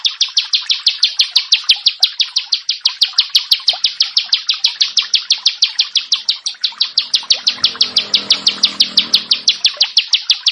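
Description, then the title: Prinia delivering fast, ringing high notes in a steady stream, with a soft low rumble in the background later on. "Ciblek Sawah"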